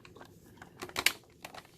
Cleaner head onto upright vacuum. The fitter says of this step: i heard a click is that the correct click